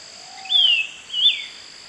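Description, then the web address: Ringed antpipit calling with two clear, sharp whistles that drop in pitch, about three-quarters of a second apart, above a constant high background hum. Eastern lowlands of South America. "Natures Songs S America Eastern Lowlands. Ringed Antpipit"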